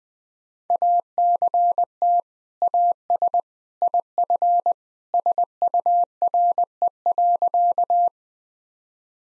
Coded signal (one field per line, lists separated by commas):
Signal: Morse code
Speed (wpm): 21 wpm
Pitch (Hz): 700 Hz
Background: none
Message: ACT AS IF SURE.